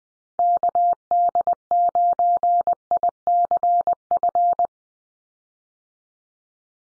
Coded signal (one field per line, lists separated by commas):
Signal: Morse code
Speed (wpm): 20 wpm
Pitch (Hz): 700 Hz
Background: none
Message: KD9ICF